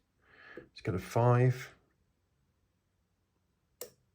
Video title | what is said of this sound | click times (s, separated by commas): What's Inside: Testing the picking method for the Avocet ABS Master Euro Cylinder | it'll click on five we'll ignore four because that's a zero lift | 3.8 s